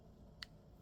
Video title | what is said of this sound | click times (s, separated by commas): Dark Tower Vintage Electronic Board Game Restoration Guide 1980's | And you should hear it pop up. | 0.4 s